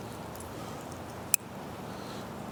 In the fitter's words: Locks into place, good solid lock.